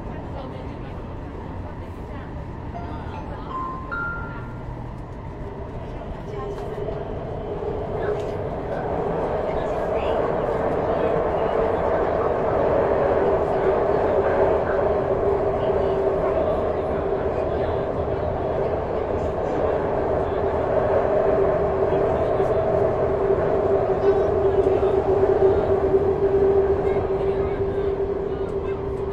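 Cooling in a Shenzhen metro hums steadily, swelling louder after ten seconds, with a sustained mid tone and faint murmuring voices beneath.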